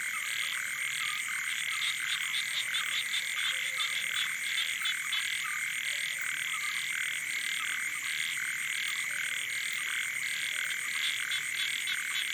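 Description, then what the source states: Frogs and toads: frog and toad chorus, many overlapping croaking notes in quick rhythmic bursts, with a steady high whine running beneath throughout. Wild night chorus on the shore of Boeng Thum lake, Cambodia, around 23:00 on 12 December 2018, as human noise fades.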